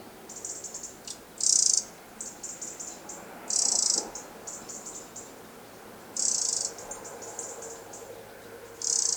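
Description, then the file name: Eurasian wren calling with loud, dry, rattling churrs, several strong bursts separated by shorter, fainter ticking runs. "Troglodytes troglodytes"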